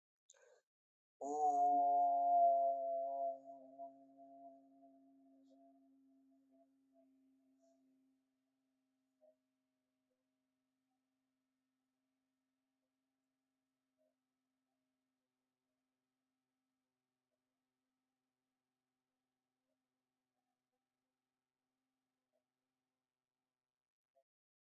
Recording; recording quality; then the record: sustained vowel as in boot; excellent, no background noise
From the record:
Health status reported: healthy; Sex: male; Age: 29 years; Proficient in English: yes